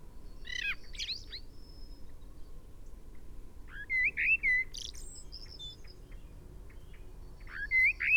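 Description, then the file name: Common blackbird sings short whistled phrases with slurred notes near the start and louder warbled bursts later, separated by quiet pauses, a faint steady hum underneath. "Turdus merula"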